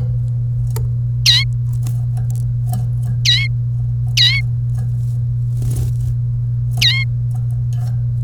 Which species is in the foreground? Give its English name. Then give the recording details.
Domestic Canary. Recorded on 1 May 2018 at 12:06. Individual llb3